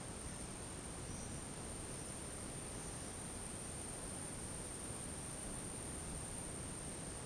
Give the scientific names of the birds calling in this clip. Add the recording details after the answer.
none. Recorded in dense forest near Puerto Asís, Putumayo, Colombia, on 21 February 2024 at 11:00. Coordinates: 0.486, -76.316. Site G6437